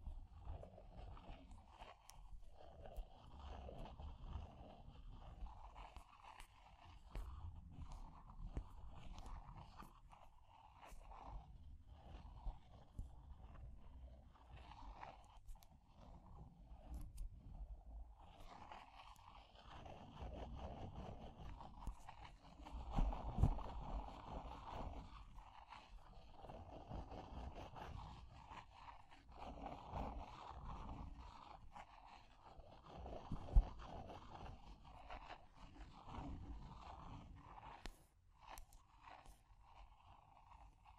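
Fire crackling with a steady low rumble underneath and a dense scatter of small ticks and pops throughout. Scratchy, rustling bursts swell around 18 to 33 seconds, with a sharper crack near 23 and another near 33 seconds, then thinning toward the end.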